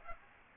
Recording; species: mosquito wingbeat signal from an infrared sensor; Aedes aegypti